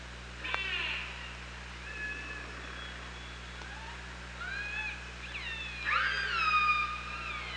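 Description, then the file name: Killer whale calls, a buzzy pulsed burst, short faint tones, then a loud harmonic upsweep near the end above steady hum. OrcaLab hydrophone, 24 August 2017, 07:54. "Orca Lab UTLN JASON 20170824 075418"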